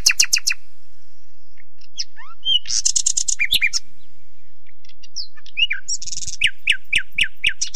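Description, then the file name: Nightingale singing varied phrases: a fast rattle of repeated notes, a rising whistle, a buzzy trill, then a series of loud, evenly spaced chipping notes. "pesnia solov ia"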